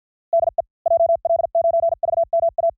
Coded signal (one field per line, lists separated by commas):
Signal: Morse code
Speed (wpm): 53 wpm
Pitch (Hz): 670 Hz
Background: none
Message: DE JL9VMA